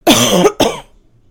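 Two coughs in quick succession from an adult woman: a longer, rough, voiced first burst of about half a second, then a shorter second one that trails off. It is a plain, fairly loud cough with no wheeze or whoop. This is a soundboard sound effect.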